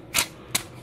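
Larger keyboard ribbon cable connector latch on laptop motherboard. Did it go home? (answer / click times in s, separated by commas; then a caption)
yes / 0.6 s. On a Dell E7240 laptop motherboard, the latch of the larger keyboard ribbon cable connector is hooked over its front edge and pushed down. A broadband rustle comes at about 0.2 s, then a single sharp click at 0.6 s as the latch snaps down and seats into place.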